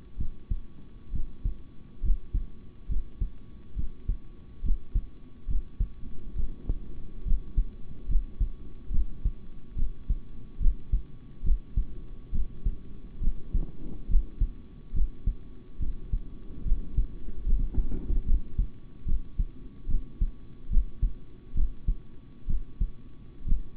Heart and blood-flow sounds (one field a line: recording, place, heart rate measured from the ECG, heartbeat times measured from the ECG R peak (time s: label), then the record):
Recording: heart sounds by stethoscope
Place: between the tricuspid and mitral areas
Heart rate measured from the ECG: 70 bpm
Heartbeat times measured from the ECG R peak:
0.17 s: heartbeat
1.12 s: heartbeat
2.02 s: heartbeat
2.88 s: heartbeat
3.75 s: heartbeat
4.62 s: heartbeat
5.47 s: heartbeat
6.35 s: heartbeat
7.24 s: heartbeat
8.07 s: heartbeat
8.90 s: heartbeat
9.75 s: heartbeat
10.59 s: heartbeat
11.43 s: heartbeat
12.31 s: heartbeat
13.20 s: heartbeat
14.08 s: heartbeat
14.93 s: heartbeat
15.79 s: heartbeat
16.64 s: heartbeat
17.45 s: heartbeat
18.25 s: heartbeat
19.05 s: heartbeat
19.87 s: heartbeat
20.69 s: heartbeat
21.54 s: heartbeat
22.47 s: heartbeat
23.45 s: heartbeat
From the record:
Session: rest, sitting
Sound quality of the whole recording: good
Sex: male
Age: 26 years